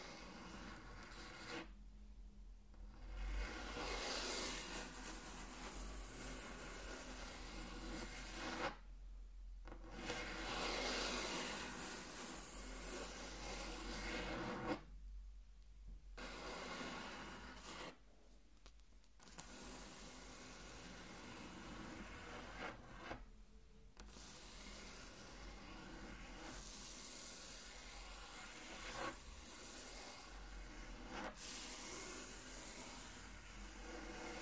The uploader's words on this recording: Intense Table Tracing (No Talking).